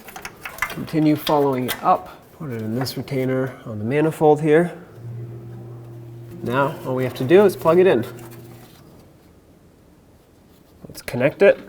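On a 2009-2013 Honda Fit, during exhaust pipe and catalytic converter work, the oxygen sensor wire is routed into a retainer on the manifold, and its connector is lined up with the engine wiring harness plug. Someone talks throughout, with brief handling taps near the start and faint rustling near the end. The connector has not yet been pushed home, and nothing has seated or clicked yet.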